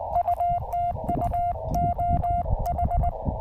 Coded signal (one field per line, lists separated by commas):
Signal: Morse code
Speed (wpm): 19 wpm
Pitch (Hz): 690 Hz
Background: none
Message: U TU OH